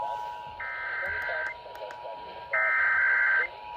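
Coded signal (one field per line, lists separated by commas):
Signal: Emergency Alert System (SAME) tones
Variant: header bursts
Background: speech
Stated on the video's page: Monthly test in Minnesota.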